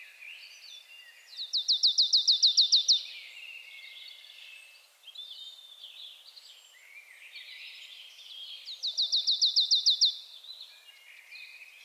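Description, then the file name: Marsh tit sounding two brisk, regular bursts of about eleven sharp descending chips, about seven seconds apart, against steady softer twittering. "Poecile palustris"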